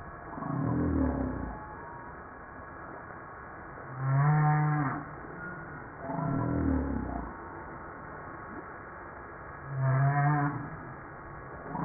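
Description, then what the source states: Humpback whale song, deep tonal moans alternating with broad rasping downswept groans, each unit lasting about a second and recurring every few seconds against faint background hiss. Recorded 5 March 1994.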